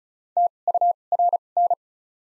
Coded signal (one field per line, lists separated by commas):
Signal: Morse code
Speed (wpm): 36 wpm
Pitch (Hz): 700 Hz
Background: none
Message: T U R N